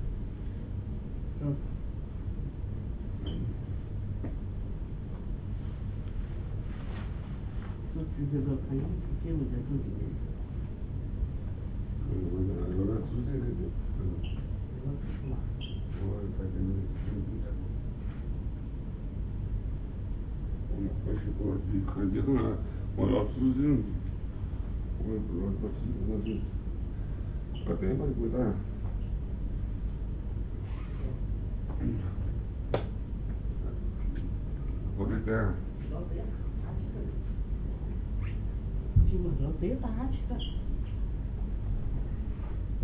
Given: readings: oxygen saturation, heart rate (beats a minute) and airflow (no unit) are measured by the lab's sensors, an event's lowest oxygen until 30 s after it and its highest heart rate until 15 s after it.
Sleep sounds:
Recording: a person awake in a sleep study, by a smartphone at the bedside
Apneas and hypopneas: none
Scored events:
0.00-42.84 s: awake
From the record:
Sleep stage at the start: awake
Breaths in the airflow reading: 12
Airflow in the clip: -0.8 to 0.7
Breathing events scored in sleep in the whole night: 449 in 7.0 hours asleep

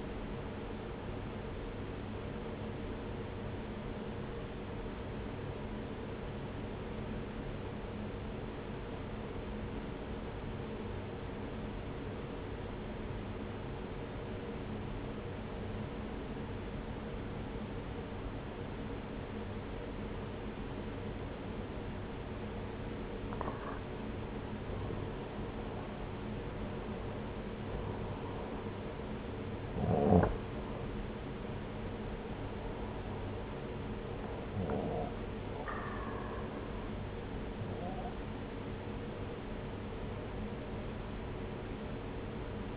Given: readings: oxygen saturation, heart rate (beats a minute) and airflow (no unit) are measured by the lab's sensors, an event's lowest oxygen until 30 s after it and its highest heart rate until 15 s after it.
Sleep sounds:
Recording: breathing in sleep by a voice recorder at the bedside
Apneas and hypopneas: 1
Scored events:
5.00-24.60 s: obstructive apnea (N1, oxygen 96% highest, then 89% lowest, heart rate 61 at the start, 70 highest)
From the record:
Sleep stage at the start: N1 (lightest sleep)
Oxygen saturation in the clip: 85 to 96%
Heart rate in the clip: 59 to 70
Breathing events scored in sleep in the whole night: 303 in 8.1 hours asleep

